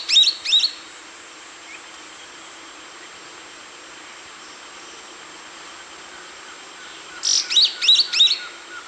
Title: LuckyPassaro Completos2Sama. Yellow-green Grosbeak (Caryothraustes canadensis brasiliensis (ssp assumed from location))